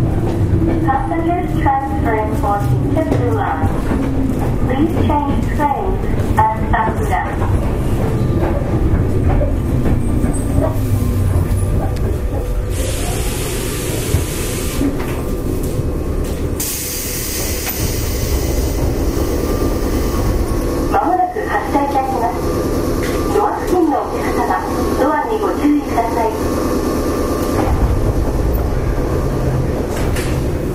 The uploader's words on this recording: JR西日本 105系電車の走行音です。 万葉まほろば線（桜井線）のワンマン普通列車で録音しました。 区間は、奈良から畝傍までです。 Running sound of JR West 105 series train.